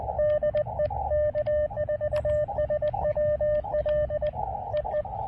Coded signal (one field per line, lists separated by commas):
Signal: Morse code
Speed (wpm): 20 wpm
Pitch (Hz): 600 Hz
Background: radio noise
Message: DE K4SWL EE